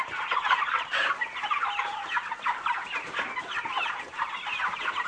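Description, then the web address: Chickens clucking and squawking together, a dense overlapping flock chorus of short calls with no pauses. Several chickens, farm ambience. "bird chickens ambience farm chickens"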